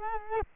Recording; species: mosquito wingbeat signal from an infrared sensor; Culex quinquefasciatus